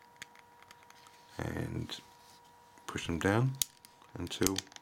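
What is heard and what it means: A plastic housing panel is offered into the sides of a Nokia C7 smartphone body during a screen repair and pushed down onto the handset. Small ticks and light handling sounds are heard while someone talks. Nothing has seated or clicked into place yet.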